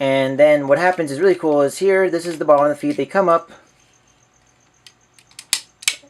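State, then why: Seated. Someone talks for about the first 3.5 seconds, then the bottom-of-feet parts of a plastic toy train robot are swung up and folded into the leg. A few light plastic ticks lead to a sharp click at 5.5 seconds as the foot piece locks into place, followed by another quick snap near 5.9 seconds.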